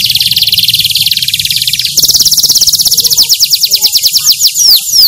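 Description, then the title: Canary singing a dense, buzzy high trill that shifts into slower rattling notes with a few sharp down-slurred whistles near the end. Canary described as gacor (singing often and vigorously). "SUARA BURUNG : Kenari Gacor"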